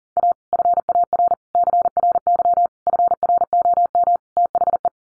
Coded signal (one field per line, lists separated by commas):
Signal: Morse code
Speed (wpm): 38 wpm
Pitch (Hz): 700 Hz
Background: none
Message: A FAR CRY FROM THE